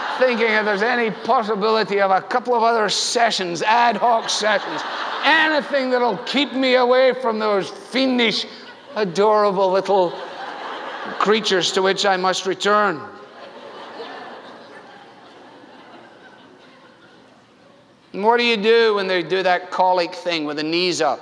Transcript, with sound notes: Thinking if there’s any possibility of a couple of other sessions—ad hoc sessions—anything that will keep me away from those fiendish, adorable, little creatures to which I must return!” (laughter) And what do you do when they do that colic thing with the knees up